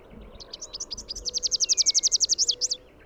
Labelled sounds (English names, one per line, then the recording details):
Rufous-capped Warbler song
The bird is a male
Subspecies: rufifrons
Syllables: 24
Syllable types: 6
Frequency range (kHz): 3.0-8.3 kHz
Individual YA-GYS-M